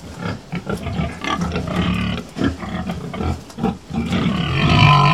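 Pig grunting in rapid, deep, rough bursts, ending in a louder, drawn-out call.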